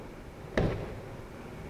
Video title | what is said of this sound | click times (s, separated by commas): 2003-2009 Honda Element Window Motor & Regulator | now we can put our corner pieces back in they just snap into place like so | 0.6 s